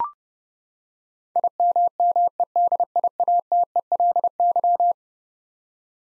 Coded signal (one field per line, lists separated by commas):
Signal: Morse code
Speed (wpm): 30 wpm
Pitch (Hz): 700 Hz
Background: none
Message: IMMEDIATELY